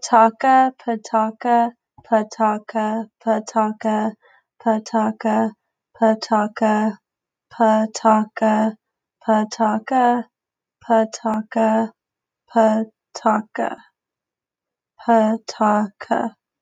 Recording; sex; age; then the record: repeated syllables /pa ta ka/; female; 20 to 29 years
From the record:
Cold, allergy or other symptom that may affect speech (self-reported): no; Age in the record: 25 years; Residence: California, United States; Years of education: 15